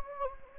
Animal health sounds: mosquito wingbeat signal from an infrared sensor; Anopheles gambiae

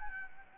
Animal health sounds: mosquito wingbeat signal from an infrared sensor; Aedes albopictus

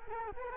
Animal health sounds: mosquito wingbeat signal from an infrared sensor; Culex quinquefasciatus

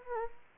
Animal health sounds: mosquito wingbeat signal from an infrared sensor; Anopheles arabiensis

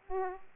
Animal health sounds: mosquito wingbeat signal from an infrared sensor; Aedes aegypti

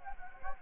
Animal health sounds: mosquito wingbeat signal from an infrared sensor; Anopheles gambiae

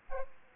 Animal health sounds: mosquito wingbeat signal from an infrared sensor; Aedes aegypti

